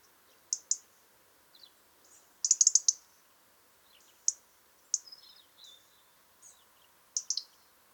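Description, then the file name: European robin giving short, very high thin notes in pairs and clusters, with a few brief descending whistles, separated by short pauses. "Erithacus rubecula"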